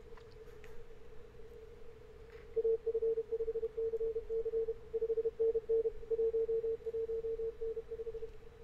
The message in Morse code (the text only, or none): AF5CC 5NN 11N5